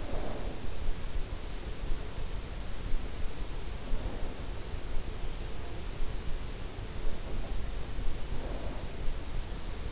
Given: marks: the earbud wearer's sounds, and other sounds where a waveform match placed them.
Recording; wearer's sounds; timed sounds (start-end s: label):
sounds in sleep by an in-ear microphone; snoring breath
0.00-0.66 s: snoring breath
8.23-9.09 s: snoring breath